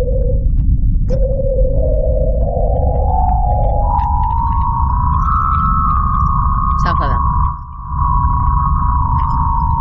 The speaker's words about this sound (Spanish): con el que hemos empezado la tertulia, un sonido que ha captado la NASA, que era el sonido de Venus.